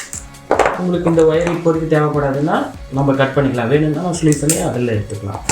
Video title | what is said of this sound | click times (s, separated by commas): BNC and DC Wire Connections That Will BOOST Your CCTV Security System! | அடிச்சிட்டிங்கன்னா இந்த மாதிரி lock ஆகிடும். | 0.5 s